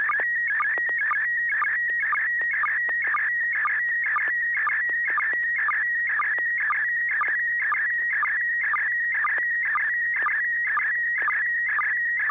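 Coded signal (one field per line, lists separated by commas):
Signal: SSTV (slow-scan television)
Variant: PD120 mode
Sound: continuous warbling, chirping tone with a regular rhythmic tick about twice a second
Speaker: kl7 hqr if you're ready to go go ahead and transmit your picture now thank you [Music] i'm right here and good evening to cairo and you yes i'll be sending a picture on pdf 120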